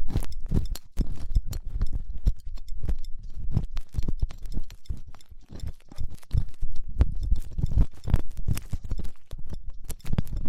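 Ear cleaning with latex gloves and tools: dense, irregular crackling clicks and soft rubbing scrapes, fast and continuous, mostly low with sharp bright ticks.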